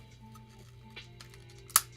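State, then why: Seated. A plastic part of a transforming dinosaur toy is snapped together into its joint. A few faint ticks come before a single sharp, loud click at 1.8 s as the joint seats home, and it is a good one.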